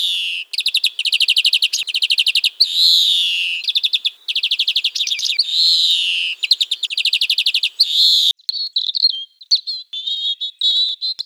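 Bird song of fast, buzzy trills repeated in bursts, broken by sweeping slurred whistles, ending in a string of short, varied chirps.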